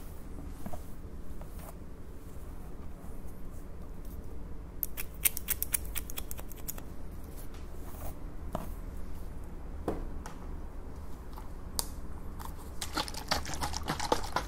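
Scissors cutting, heard as sharp, bright snips and crisp rustles over a steady low rumble. The snips come in a quick cluster around five to six seconds, then singly every couple of seconds, and grow busier in the last two seconds.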